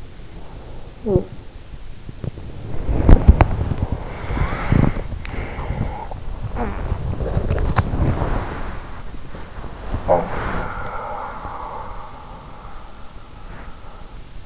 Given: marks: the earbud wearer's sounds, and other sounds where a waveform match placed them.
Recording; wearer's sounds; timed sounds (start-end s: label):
sounds in sleep by an in-ear microphone; body movement, talking in sleep, breath
0.00-14.45 s: body movement
0.73-1.50 s: talking in sleep
4.22-6.26 s: breath
6.26-7.08 s: talking in sleep
9.50-14.06 s: breath
9.84-10.33 s: talking in sleep